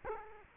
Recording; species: mosquito wingbeat signal from an infrared sensor; Culex quinquefasciatus